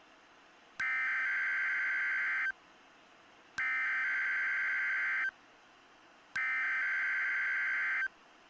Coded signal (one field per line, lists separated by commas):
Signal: Emergency Alert System (SAME) tones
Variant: header bursts